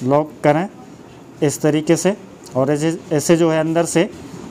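A cap/connector is being fitted onto the fuel injector of a Hero HF 100 BS6 motorcycle while someone talks throughout. Nothing has seated or clicked yet; the clip ends before the part goes home.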